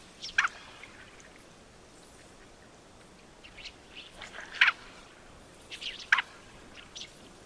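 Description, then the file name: Mandarin duck giving three sharp, high squeaky calls, unevenly spaced, with softer chirps in between. "pato-mandarín-Aix-galericulata"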